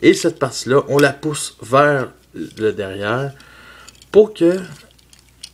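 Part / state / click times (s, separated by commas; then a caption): plastic transformation panel into a transforming robot toy body / seated / 5.4 s. Someone talks while pushing a plastic transformation panel toward the back of a transforming robot toy body so that everything clips together. After the talking stops, a few faint ticks are followed by a quiet, sharp plastic tick at 5.4 s as the part clips into place.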